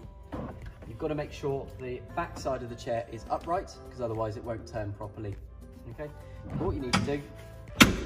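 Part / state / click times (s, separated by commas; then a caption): swivel captain's chair into its rotation lock / seated / 7.8 s. Someone talks over background music while a captain's chair in a Ford Nugget campervan, with its backrest upright, is twisted all the way around on its swivel. A sharp click at 7.8 s marks the swivel mechanism locking into position, and the seat is held in place.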